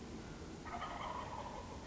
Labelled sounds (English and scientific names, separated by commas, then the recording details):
Wild Turkey (Meleagris gallopavo)
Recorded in Sonoma County, California